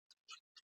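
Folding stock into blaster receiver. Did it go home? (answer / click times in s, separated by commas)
yes / 0.1 s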